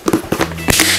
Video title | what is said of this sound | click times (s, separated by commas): How to use AK Interactive's Wet Palette | you hear all that snapping this is airtight now and my paint is in there my paint palette is sealed in there | 0.1 s, 0.4 s, 0.7 s